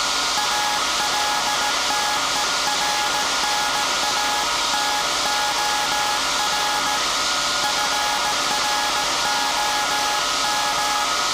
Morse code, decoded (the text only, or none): ALTERNATOR FROM